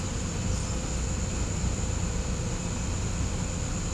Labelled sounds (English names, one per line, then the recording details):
none
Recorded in pastures near Puerto Asís, Putumayo, Colombia, on 18 December 2024 at 09:00
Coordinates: 0.505, -76.324
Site G063